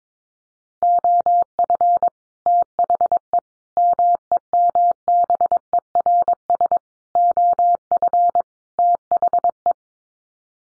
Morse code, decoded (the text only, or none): OF THE MEMBERS OF THE